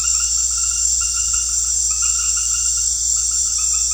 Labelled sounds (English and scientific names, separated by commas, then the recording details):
none
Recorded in secondary vegetation near Puerto Asís, Putumayo, Colombia, on 4 March 2025 at 19:00
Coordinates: 0.484, -76.319
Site G010